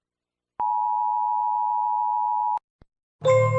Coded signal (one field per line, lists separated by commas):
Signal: Emergency Alert System (SAME) tones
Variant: 853 and 960 Hz attention tone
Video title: 7 New EAS Alarms Requested by: Martha LM ALT